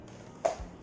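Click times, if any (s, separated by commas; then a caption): 0.5 s. The folding plastic handle of a Havells HD3225 1800W hair dryer is swung open on its hinge into the dryer body and locks into its extended position with a sharp click at 0.5 seconds. The handle is seated firmly and does not wobble.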